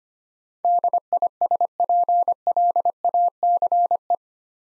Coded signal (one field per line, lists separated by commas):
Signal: Morse code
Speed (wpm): 25 wpm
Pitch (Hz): 700 Hz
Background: none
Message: DISPLACE